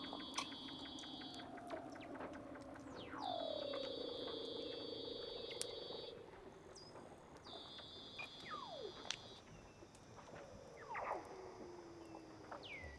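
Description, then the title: Weddell seal underwater calls: steep downward swoops ending in held low tones, alternating with held high tonal segments and scattered clicks. "Weddell Seals (Underwater)"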